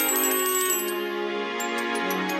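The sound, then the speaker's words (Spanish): The bell-like tinkling of the fairy Tinker Bell (Campanilla) in a Peter Pan children's audio story: a sweet, high tinkling, bright shimmering tones ringing steadily for a couple of seconds with soft sparkling accents, no voices present. “Cada vez que aquella pequeña hada se agitaba, un dulce sonido a Campanilla salía de su cuerpo.”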